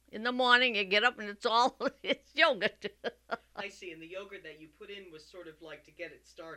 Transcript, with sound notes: In the morning you get up and it's all, it's yogurt. ( she laughs )
I see. And the yogurt that you put in was sort of like to get it started.